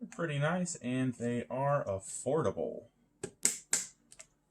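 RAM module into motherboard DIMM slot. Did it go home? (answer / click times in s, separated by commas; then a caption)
yes / 3.5 s, 3.7 s. Someone talks for about three seconds, then DDR4 RAM memory sticks are pressed into motherboard DIMM slots, with sharp clicks at 3.5 s and 3.7 s as the retention clips snap shut, among a few fainter ticks. The clicks are the clips going in, not the board breaking, and the modules are seated.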